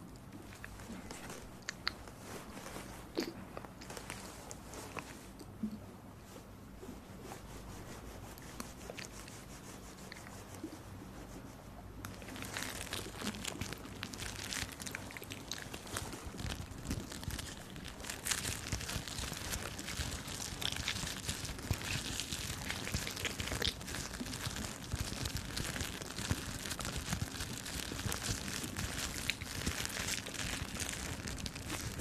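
Ear massage sounds with soft rubbing and crackling textures. For the first twelve seconds the rubbing is quieter and sparse, then it turns dense and bright, with a steady rush of scratchy friction and frequent crisp crackles to the end.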